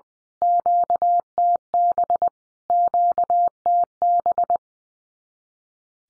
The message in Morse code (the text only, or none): QTB QTB